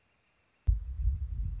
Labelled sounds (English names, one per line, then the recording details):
Northern Flicker
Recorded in Sonoma County, California